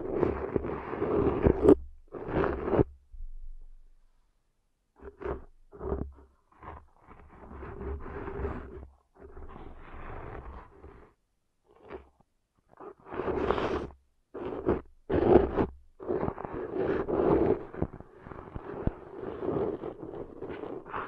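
Ear cleaning sounds in short, rough bursts of scraping and rubbing, each lasting a second or less, with a steady low rumble and a hum underneath. Brief silent gaps break them up, one near three to five seconds, and the bursts crowd together after thirteen seconds.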